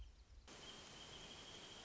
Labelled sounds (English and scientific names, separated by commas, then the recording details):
Wrentit (Chamaea fasciata)
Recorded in Sonoma County, California